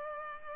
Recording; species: mosquito wingbeat signal from an infrared sensor; Culex pipiens